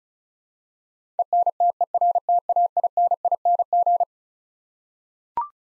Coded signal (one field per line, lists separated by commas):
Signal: Morse code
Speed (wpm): 34 wpm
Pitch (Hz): 700 Hz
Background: none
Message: ENTERTAINING